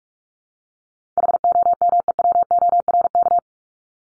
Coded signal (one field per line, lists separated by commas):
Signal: Morse code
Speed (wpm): 44 wpm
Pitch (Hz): 700 Hz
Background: none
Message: HOMEWORK